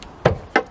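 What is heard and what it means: The original Audi OEM tailgate gas strut on an Audi S3 8V is pulled off its metal ball stud on the body with a little tug, ahead of fitting Emerald struts. Two sharp pops are heard at 0.3 s and 0.6 s, after a faint tick at the start. The strut's socket pops free and is released from the ball stud.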